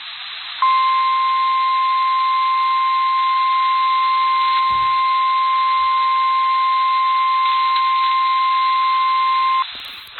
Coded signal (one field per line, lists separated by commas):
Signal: Emergency Alert System (SAME) tones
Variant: 1050 Hz attention tone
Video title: EAS #39: Severe Thunderstorm Warning on KEC78